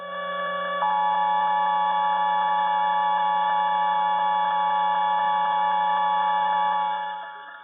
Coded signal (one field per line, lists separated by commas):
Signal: Emergency Alert System (SAME) tones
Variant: 853 and 960 Hz attention tone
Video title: EAS 3724: Pennsylvania Required Weekly Test for the 2nd Week of September 2022